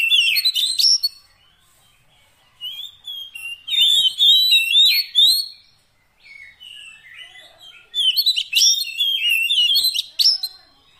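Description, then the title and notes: Oriental magpie-robin song of bright whistled slurs and high chirps, with a quiet interval of faint notes between louder phrases. Long-duration fill-in (isian) song of kacer, meant to get the bird singing vigorously (gacor) day and night. "Kacer Jadi Gacor Siang Malam. Isian Kacer Durasi Panjang"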